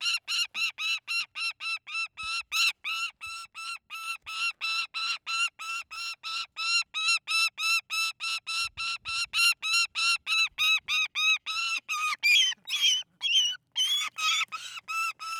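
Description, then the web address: Saker falcon calling in a long run of harsh, ringing screeches at about three per second, turning rougher and more broken near the end. A single bird giving high, nervous screeching cries. "GDC 2019-Game Audio Bundle Soundmind. Saker Falcon (Tosia) - Call, Squawk Screech Scream Cry, High Nervous"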